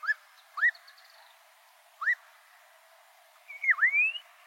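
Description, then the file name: Black-crowned monjita singing a few upslurred whistles followed by a drawn-out dipping whistle that drops then climbs again. "Canto da noivinha coroada"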